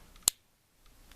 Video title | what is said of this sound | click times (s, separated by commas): How To Change Your Glock Back / Slide Plate | and slowly pull your pin out so it's not in all the way yet and then you'll hear it click | 0.3 s